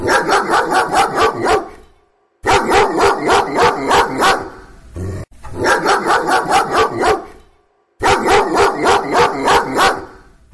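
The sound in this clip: Dog barking in rapid runs of about four sharp barks a second, each run lasting roughly two seconds and separated by brief pauses.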